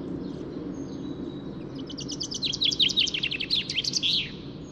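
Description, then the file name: Common chaffinch singing after a quiet start: bright repeated notes tumbling downward in an accelerating trill, ending in a short twisted flourish. "Fringilla coelebs"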